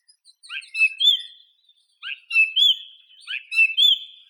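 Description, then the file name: Song thrush repeating a similar phrase three times, with short gaps between. "Drozd pevchij Turdus philomelos"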